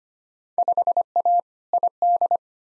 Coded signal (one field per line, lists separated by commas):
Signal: Morse code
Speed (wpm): 25 wpm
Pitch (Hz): 700 Hz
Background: none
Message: 5A ID